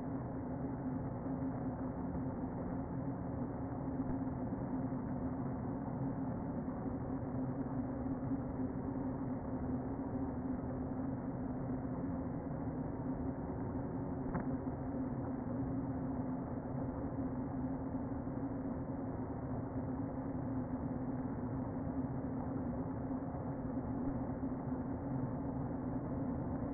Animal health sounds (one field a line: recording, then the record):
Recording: honeybee colony, microphone inside the hive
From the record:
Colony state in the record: queen present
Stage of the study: before two queens were removed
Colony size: about 60,000 bees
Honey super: yes